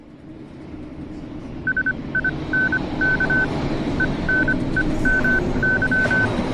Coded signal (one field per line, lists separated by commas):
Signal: Morse code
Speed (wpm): 25 wpm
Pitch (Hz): 1500 Hz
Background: none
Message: SINK ENEMY